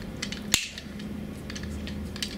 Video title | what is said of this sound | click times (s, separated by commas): APS CAM870 Co2 Shotgun Users Must-Know, Leaking Shells and Shots Per Co2 Fill | you hear that snap sound | 0.5 s